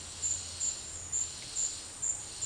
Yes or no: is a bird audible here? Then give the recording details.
no. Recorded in dense forest near Puerto Asís, Putumayo, Colombia, on 22 December 2024 at 12:00. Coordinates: 0.485, -76.318. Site GP03